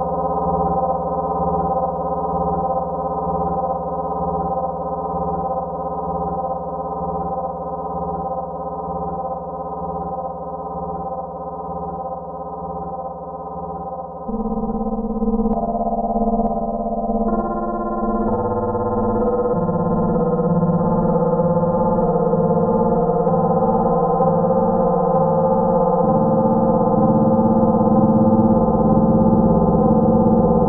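A controlled feedback loop holds dense, steady low-to-mid drones that shift pitch around 14 and 18 seconds, growing slightly louder toward the end.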